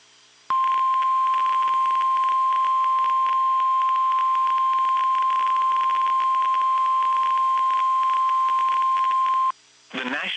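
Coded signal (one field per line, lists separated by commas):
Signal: Emergency Alert System (SAME) tones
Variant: 1050 Hz attention tone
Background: speech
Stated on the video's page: Genuine tones of a severe thunderstorm warning for Tennessee.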